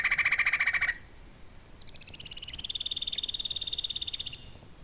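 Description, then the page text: Andean flicker giving a short burst of rapid ringing notes, then after a gap a longer, higher and slightly rising rapid series. "Joseph Tobias and Nathalie Seddon - Андский шилоклювый дятел (Colaptes rupicola)"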